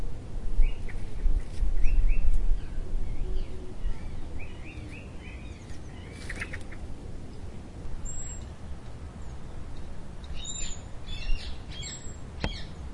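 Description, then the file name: Common blackbird calls: short soft notes repeated irregularly early on, then several thin, high squeaky notes later, over a constant low rumble of background noise. "Turdus merula"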